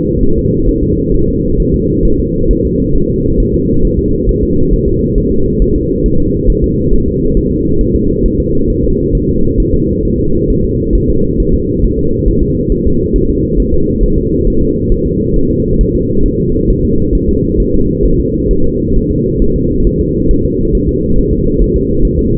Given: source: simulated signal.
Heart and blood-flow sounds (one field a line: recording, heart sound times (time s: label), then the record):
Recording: fetal heart sounds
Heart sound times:
0.23 s: S1
0.38 s: S2
0.69 s: S1
0.83 s: S2
1.14 s: S1
1.28 s: S2
1.60 s: S1
1.74 s: S2
2.05 s: S1
2.20 s: S2
2.51 s: S1
2.65 s: S2
2.96 s: S1
3.10 s: S2
3.40 s: S1
3.54 s: S2
3.85 s: S1
3.99 s: S2
4.29 s: S1
4.43 s: S2
4.74 s: S1
4.88 s: S2
5.18 s: S1
5.32 s: S2
5.62 s: S1
5.76 s: S2
6.06 s: S1
6.20 s: S2
6.50 s: S1
6.64 s: S2
6.94 s: S1
7.08 s: S2
7.37 s: S1
7.52 s: S2
7.81 s: S1
7.96 s: S2
8.26 s: S1
8.40 s: S2
8.70 s: S1
8.84 s: S2
9.15 s: S1
9.29 s: S2
9.60 s: S1
9.74 s: S2
10.05 s: S1
10.20 s: S2
10.50 s: S1
10.65 s: S2
10.95 s: S1
11.09 s: S2
11.40 s: S1
11.54 s: S2
11.84 s: S1
11.99 s: S2
12.28 s: S1
12.43 s: S2
12.72 s: S1
12.87 s: S2
13.16 s: S1
13.30 s: S2
13.60 s: S1
13.74 s: S2
14.03 s: S1
14.18 s: S2
14.48 s: S1
14.62 s: S2
14.92 s: S1
15.06 s: S2
15.36 s: S1
15.51 s: S2
15.81 s: S1
15.95 s: S2
16.26 s: S1
16.40 s: S2
16.70 s: S1
16.84 s: S2
17.15 s: S1
17.29 s: S2
17.60 s: S1
17.74 s: S2
18.06 s: S1
18.20 s: S2
18.51 s: S1
18.65 s: S2
18.97 s: S1
19.11 s: S2
19.42 s: S1
19.56 s: S2
19.87 s: S1
20.01 s: S2
20.31 s: S1
20.45 s: S2
20.75 s: S1
20.89 s: S2
21.18 s: S1
21.33 s: S2
21.62 s: S1
21.76 s: S2
22.05 s: S1
22.19 s: S2
From the record:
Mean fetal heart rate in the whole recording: 135 bpm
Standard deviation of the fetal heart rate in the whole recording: 3 bpm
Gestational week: 36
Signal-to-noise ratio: -16.4 dB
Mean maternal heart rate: 72 bpm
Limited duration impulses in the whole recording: present